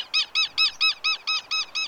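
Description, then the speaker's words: Southern lapwing alarm call: eight strident, harsh notes in a rapid, steady series, about four per second. Alarm given by a parent, usually the male, when an unfamiliar creature approaches the nest, before he charges the intruder. "If an unfamiliar creature approaches, the southern lapwing parent, usually the male, sounds his alarm."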